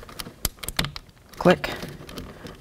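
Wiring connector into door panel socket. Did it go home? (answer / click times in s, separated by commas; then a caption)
yes / 0.5 s, 0.8 s. A color-matched plastic wiring connector is pushed into the door panel socket while replacing the interior door handle on a 1988-2000 Chevy K1500, and it clicks in at 0.5 s and 0.8 s. Someone talks, and the connector is then tugged to check that it is secure. The connector is seated.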